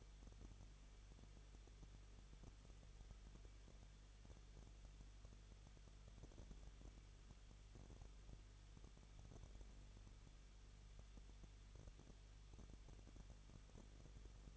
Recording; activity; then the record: daily activity, microphone in the room; no activity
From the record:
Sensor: 4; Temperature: 23.0 degrees Celsius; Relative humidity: 34.3%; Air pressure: 1007.3 hPa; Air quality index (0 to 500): 213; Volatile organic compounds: 14 ppm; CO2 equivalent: 2460 ppm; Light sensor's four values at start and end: 2/3/1/1 and 2/3/1/1